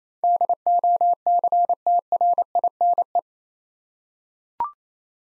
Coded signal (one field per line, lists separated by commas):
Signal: Morse code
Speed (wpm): 27 wpm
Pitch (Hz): 700 Hz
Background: none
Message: DOCTRINE